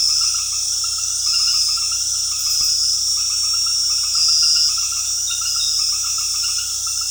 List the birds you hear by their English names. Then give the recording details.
none. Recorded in dense forest near Puerto Asís, Putumayo, Colombia, on 20 February 2024 at 19:30. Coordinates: 0.485, -76.322. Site G6406